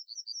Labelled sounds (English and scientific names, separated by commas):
Yellowhammer (Emberiza citrinella) song